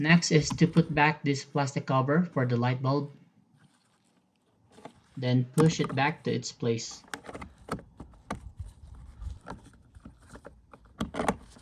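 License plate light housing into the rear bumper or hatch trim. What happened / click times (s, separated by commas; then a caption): The plastic light housing is handled but not yet seated / none. A plastic license plate light housing with its new bulb on a Toyota Highlander is handled and pushed back toward its opening in the rear bumper or hatch trim while someone talks. Short taps and handling noises are heard around 7.7, 8.3 and 11.0–11.3 seconds. The clip ends before the housing goes home, so nothing has seated or clicked yet.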